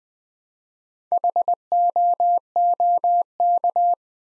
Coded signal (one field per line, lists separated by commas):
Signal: Morse code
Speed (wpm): 20 wpm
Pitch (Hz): 700 Hz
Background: none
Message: HOOK